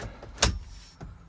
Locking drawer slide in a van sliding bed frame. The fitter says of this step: and then locks in place